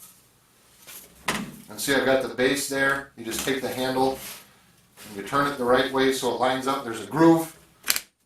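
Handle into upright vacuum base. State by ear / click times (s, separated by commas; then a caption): seated / 7.9 s, 8.0 s. Someone talks while the handle of a Hoover Air Cordless Lift Upright Vacuum BH51120 is turned to line up with a groove on its upright base and then pushed in. Sharp plastic clicks sound at 7.9 s and 8.0 s as the handle snaps into place, seated in the base.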